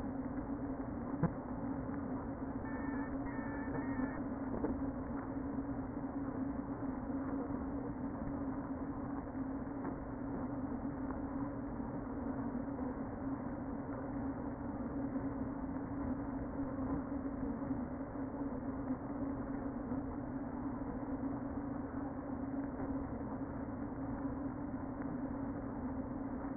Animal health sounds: honeybee colony, microphone inside the hive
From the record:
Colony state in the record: queen present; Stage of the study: before two queens were removed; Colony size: about 60,000 bees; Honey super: yes

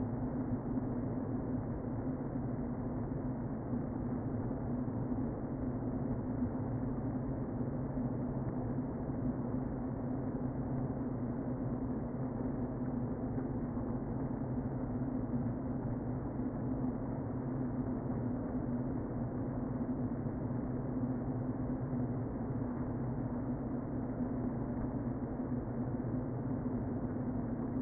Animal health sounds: honeybee colony, microphone inside the hive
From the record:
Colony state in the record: queen present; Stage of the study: before two queens were removed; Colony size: about 60,000 bees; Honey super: yes

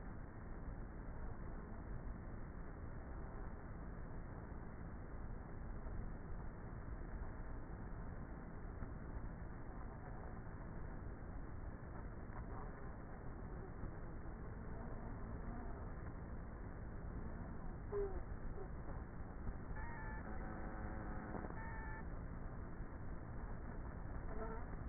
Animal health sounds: honeybee colony, microphone inside the hive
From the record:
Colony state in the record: queenless with a low population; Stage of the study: before two queens were removed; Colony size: about 30,000 bees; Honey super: no

